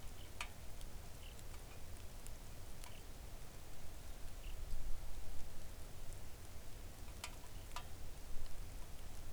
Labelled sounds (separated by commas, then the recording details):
bird, rain
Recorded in the Arctic National Wildlife Refuge, Alaska, on 3 August 2019 at 05:54
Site 41